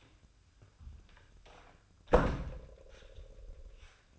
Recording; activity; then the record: daily activity, microphone in the room; close door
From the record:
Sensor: 2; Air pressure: 1004.8 hPa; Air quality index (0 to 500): 75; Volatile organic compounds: 1 ppm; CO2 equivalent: 886 ppm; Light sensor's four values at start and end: 7/17/7/7 and 7/17/7/7